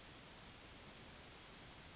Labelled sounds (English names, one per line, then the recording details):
Yellowhammer song
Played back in grassland
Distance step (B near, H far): C
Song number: 041